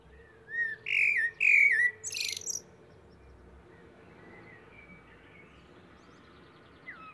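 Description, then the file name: Eurasian blackbird singing a few mellow fluted notes and a high scratchy flourish, then a long near-silent stretch with faint bird notes. "Turdus merula"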